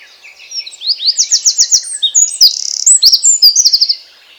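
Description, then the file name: Eurasian wren song: an energetic phrase of high, quickly repeated notes and ringing trills with a short buzzy rattle, lasting about three and a half seconds before stopping cleanly. "Troglodytes troglodytes"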